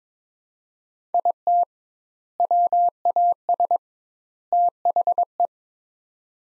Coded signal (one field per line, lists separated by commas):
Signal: Morse code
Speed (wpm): 22 wpm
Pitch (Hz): 700 Hz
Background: none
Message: IT WAS THE